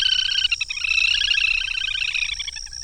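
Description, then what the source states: Little grebe giving a rapid, shrill trill that briefly breaks, then runs on in a long whinnying burst before tailing off. Call recorded at Dandoba hill, Sangli, in August 2020.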